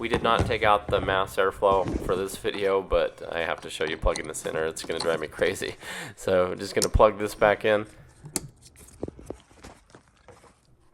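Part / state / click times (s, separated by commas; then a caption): electrical connector into mass airflow sensor / seated / 8.4 s. Someone talks for about the first eight seconds, then plugs the plastic electrical connector back into the mass airflow sensor during a radiator replacement on a Yukon, Tahoe, Silverado, Sierra, Suburban or Escalade with the 6.2L or 5.3L engine. A strong, sharp click at 8.4 s marks the connector seating. A few faint ticks and handling noises follow.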